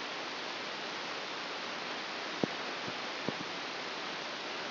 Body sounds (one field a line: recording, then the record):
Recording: brain microelectrode recording played as sound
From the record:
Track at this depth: inside the subthalamic nucleus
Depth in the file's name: 1.352 mm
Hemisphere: right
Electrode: 2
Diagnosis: Parkinson's disease